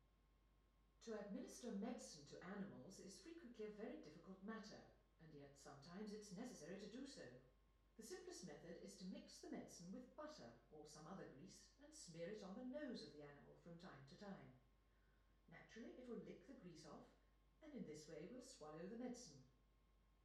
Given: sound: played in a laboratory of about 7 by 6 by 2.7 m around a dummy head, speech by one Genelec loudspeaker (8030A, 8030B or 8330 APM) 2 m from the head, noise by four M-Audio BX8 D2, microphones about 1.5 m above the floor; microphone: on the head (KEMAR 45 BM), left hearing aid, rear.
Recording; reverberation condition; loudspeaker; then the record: female speech in English; medium; 90 degrees to the right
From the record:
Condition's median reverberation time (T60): about 510 ms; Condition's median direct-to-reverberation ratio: about -0.5 dB